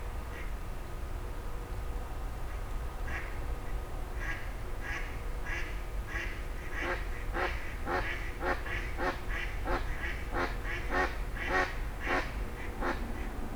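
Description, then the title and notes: Grey heron harsh calls beginning quietly, then building into a rapid, busy run of rasping squawks in the second half, over a low traffic drone. Several grey herons exchanging calls at 04h00 in Fenouillet, France, as traffic gradually resumes. "44 Rue des Gourgues, 31150 Fenouillet, France - 04h00-Dialogue de Hérons cendrés. 04h00-Alors que la circulation reprend peu à peu, des hérons cendrés se font des politesses"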